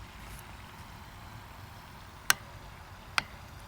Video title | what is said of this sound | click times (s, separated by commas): SUR RON X - Delivery, Unboxing and Assembly - New Fast Electric Dirt Bike 2021 Black Edition! | so you see that click that's it that's the torque right there | 2.3 s